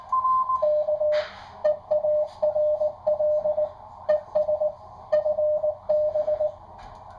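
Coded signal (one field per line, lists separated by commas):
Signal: Morse code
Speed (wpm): 18 wpm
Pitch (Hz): 610 Hz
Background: radio noise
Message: K EARL ES FB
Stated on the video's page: QRP 5-watt station on a Ten-Tec R-4020 with WinKeyer and Begali paddles into a homebrew quarter-wave vertical, preparing for the ARRL CW Sweepstakes contest.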